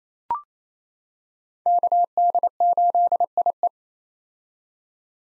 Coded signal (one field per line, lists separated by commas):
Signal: Morse code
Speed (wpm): 28 wpm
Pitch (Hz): 700 Hz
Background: none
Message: KD8IE